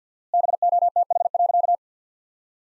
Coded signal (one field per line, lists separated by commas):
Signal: Morse code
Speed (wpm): 50 wpm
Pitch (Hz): 700 Hz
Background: none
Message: BOTH.